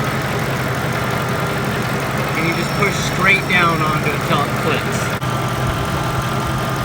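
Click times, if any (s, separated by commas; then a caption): none. A recharge kit's hose quick-connect coupler is lined up over the low-pressure A/C service port of a Mustang with the engine idling, and someone talks over the steady engine hum. Nothing has clicked or seated yet.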